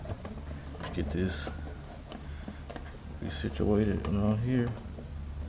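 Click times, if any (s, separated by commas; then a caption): none. A fuel door actuator for an Audi A7 is handled and repositioned at the fuel filler door housing while someone talks, with a few faint taps around 0.3, 2.1 and 2.8 seconds. Nothing has seated or clicked yet; the part is not yet home when the clip ends.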